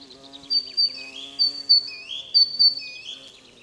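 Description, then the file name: Great tit giving repeated two-part phrases, a sharp high note then a lower upward-sweeping note, several in quick succession, with a constant droning hum underneath. "Parus major"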